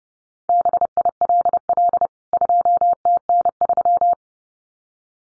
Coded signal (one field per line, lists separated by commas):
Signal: Morse code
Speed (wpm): 29 wpm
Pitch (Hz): 700 Hz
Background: none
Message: BILL 2TN3